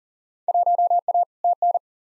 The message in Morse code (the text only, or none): 1A TN